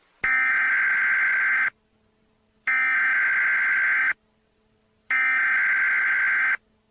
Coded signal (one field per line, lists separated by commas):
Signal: Emergency Alert System (SAME) tones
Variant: header bursts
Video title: Tornado Warning EAS: Omaha, Nebraska (Reupload)